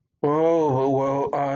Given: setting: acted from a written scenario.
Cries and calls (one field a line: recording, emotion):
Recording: vocal sound without words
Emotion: embarrassment